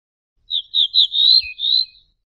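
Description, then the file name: Ortolan bunting song: several clear high notes at an even pitch, dipping lower briefly before a final high note. "suara kicauan ortolan"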